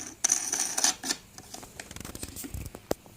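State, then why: Seated. The plastic locking ring of the rear fan guard and housing cover on a Maspion EX-307 desk fan is fitted onto the motor housing and turned until it locks and will not shake loose. A sharp plastic click at 0.3 s marks the ring seating, followed by a few more clicks and rattles up to about 1.1 s and then soft handling ticks. The ring ends up locked in place.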